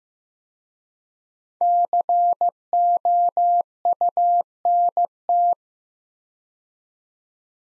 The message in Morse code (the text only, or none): COUNT